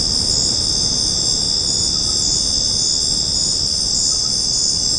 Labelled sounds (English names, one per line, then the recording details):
none
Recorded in secondary vegetation near Puerto Asís, Putumayo, Colombia, on 13 March 2025 at 20:30
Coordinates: 0.481, -76.318
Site G097